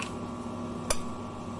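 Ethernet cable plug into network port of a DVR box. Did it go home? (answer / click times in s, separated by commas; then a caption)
yes / 0.9 s. A Cat 7 Ethernet cable's plastic RJ45 plug is pushed into the network port on the back of a DVR box until it latches. A single sharp, bright click sounds at 0.9 s over a steady low hum, and the plug is seated.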